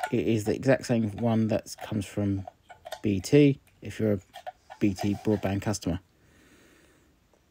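Someone talks while handling a router's two-part power block, holding the plastic plug-pin adapter that pushes onto the power supply body; the block comes in two parts so it fits through a letterbox. The talking stops around 6.0 s, followed by only faint low background noise. Nothing has seated or clicked yet.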